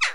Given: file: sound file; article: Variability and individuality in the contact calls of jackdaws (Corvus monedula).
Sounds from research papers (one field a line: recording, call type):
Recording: jackdaw call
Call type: harmonic